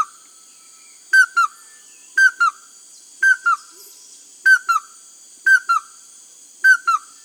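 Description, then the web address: Chestnut-headed crake giving clipped double whistles, each pair falling slightly, repeated roughly every second against a constant high-pitched buzzing background. South America. "Natures Songs S America Chestnut-headed Crake"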